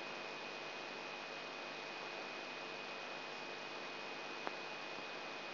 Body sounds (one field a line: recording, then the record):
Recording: brain microelectrode recording played as sound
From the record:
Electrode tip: inside the subthalamic nucleus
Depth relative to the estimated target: 2 mm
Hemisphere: right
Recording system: AlphaMap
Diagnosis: Parkinson's disease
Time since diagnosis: 8 years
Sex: male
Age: 59 years